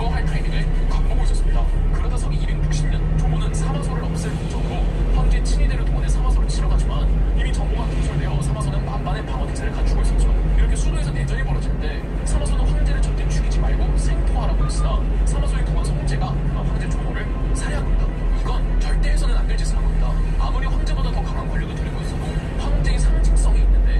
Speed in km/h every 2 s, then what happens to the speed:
31, 34, 38, 39, 38, 37, 39, 39, 35, 33, 35, 39.
0-5 speeds up to 39. 5-18 steady at about 38. 18-24 speeds up to 39.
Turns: none.